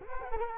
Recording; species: mosquito wingbeat signal from an infrared sensor; Culex quinquefasciatus